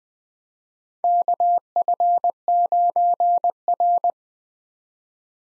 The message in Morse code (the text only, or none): KF9R